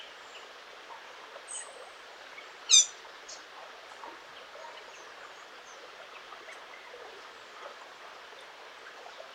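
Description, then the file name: Eurasian blackcap making one brief, hard clicking call early on, otherwise only faint scattered bird chirps and a steady background hiss. "Sylvia atricapilla"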